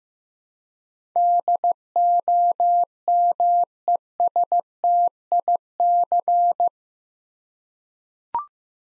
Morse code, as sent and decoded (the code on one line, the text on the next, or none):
-.. --- -- . ... - .. -.-.
DOMESTIC